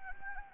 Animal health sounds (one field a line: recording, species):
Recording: mosquito wingbeat signal from an infrared sensor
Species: Anopheles arabiensis